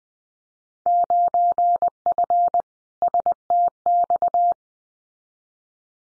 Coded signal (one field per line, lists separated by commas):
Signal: Morse code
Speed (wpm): 20 wpm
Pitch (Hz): 700 Hz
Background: none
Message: 9F STX